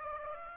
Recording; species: mosquito wingbeat signal from an infrared sensor; Aedes aegypti